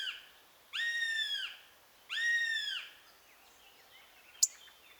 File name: Eurasian goshawk